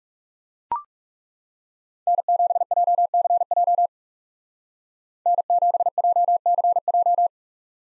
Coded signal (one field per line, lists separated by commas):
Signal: Morse code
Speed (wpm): 39 wpm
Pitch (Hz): 700 Hz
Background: none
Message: N7JCJ N7JCJ